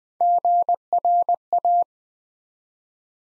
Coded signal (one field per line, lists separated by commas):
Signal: Morse code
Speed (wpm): 20 wpm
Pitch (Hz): 700 Hz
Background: none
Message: GRA